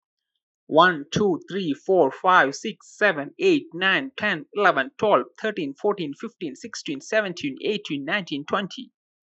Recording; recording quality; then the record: counting at a fast pace; excellent, no background noise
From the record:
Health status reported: healthy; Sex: male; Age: 30 years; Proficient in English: yes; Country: United States